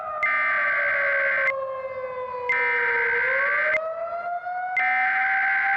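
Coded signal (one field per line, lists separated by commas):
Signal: Emergency Alert System (SAME) tones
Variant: header bursts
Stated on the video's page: Recreated SAGE Digital ENDEC EAS tones in a fictional alert.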